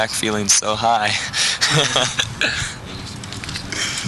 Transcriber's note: laughter